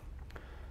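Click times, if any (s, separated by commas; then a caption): 0.3 s, 0.4 s. An emergency stop mushroom button on a Boomer E1 C-DH underground drill rig is pushed in and latches with sharp clicks at 0.3 s and 0.4 s. A steady low-frequency rumble continues throughout. The e-stop button is seated and activated.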